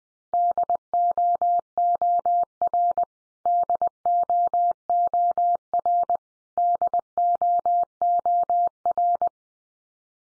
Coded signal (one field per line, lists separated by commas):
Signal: Morse code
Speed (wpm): 20 wpm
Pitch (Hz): 700 Hz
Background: none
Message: DOOR DOOR DOOR